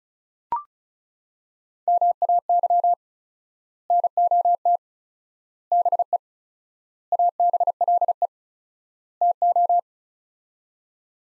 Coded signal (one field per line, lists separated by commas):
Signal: Morse code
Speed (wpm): 34 wpm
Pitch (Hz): 700 Hz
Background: none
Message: MAY NOT BE ABLE TO